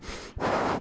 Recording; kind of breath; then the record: one breath in and out by a microphone near the nose and mouth; strong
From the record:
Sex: male